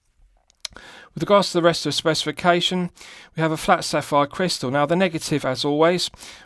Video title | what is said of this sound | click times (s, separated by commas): Pagani Design PD-1662 GMT (Batgirl Homage) 4K Watch Review | the clasp snapshot with a nice positive click and | 0.6 s